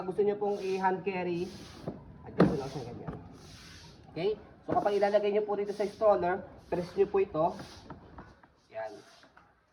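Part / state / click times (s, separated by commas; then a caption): infant car seat onto stroller frame / not seated / none. Someone talks while handling the infant car seat of a Joie Muze LX travel system, pressing the release button on its handle or adapter and lining it up over the stroller frame mounts. Small taps are heard near 8.2 s, 8.4 s and 9.4 s, likely the button presses. The seat has not yet been lowered on or locked onto the stroller, and nothing has clicked.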